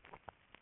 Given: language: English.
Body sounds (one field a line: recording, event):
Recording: throat vibration sensor signal played as sound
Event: swallow